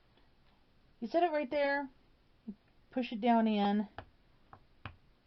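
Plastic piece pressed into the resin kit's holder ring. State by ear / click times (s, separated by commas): seated / 4.5 s, 4.9 s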